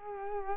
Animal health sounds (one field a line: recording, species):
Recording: mosquito wingbeat signal from an infrared sensor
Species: Culex quinquefasciatus